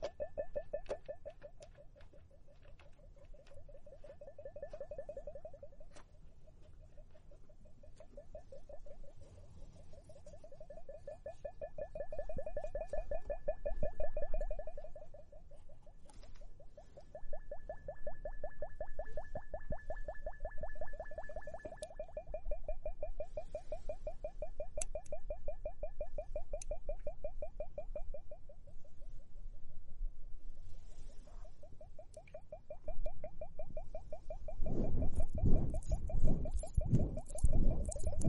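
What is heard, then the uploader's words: Foamy bubbling and fizzing with a fast, steady crackle of tiny pops running throughout, swelling louder around 12 to 15 seconds. Faint whistly tones drift in and out above. Near 35 seconds a burst of louder rough rubbing and tapping takes over. Foamy hourglass, comfortable bubble spa massage ears.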